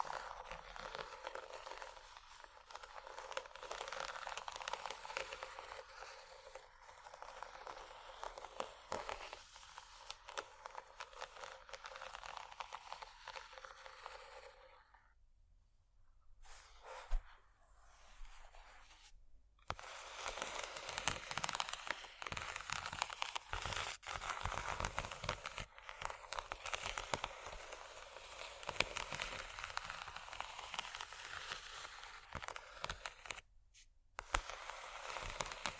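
Bumpy, textured items scratch against each other in a dense, rasping stream of fine crackly strokes, bright and gritty with little low end. The scraping runs almost continuously, quieting briefly around 15 to 19 seconds and dropping out for a moment near 34 seconds.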